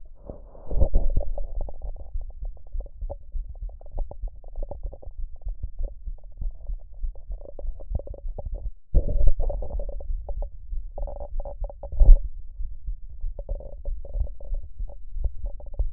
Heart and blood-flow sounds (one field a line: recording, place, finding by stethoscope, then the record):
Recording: heart sounds by stethoscope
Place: pulmonary valve (PV)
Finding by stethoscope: normal heart sounds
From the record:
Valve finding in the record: normal valve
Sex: female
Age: 47 years